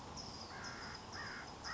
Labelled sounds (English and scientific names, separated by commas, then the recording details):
American Crow (Corvus brachyrhynchos)
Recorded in Sonoma County, California